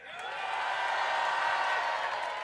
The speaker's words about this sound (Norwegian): Og den som synes at Bjarte hadde den beste rappen, de roper nå!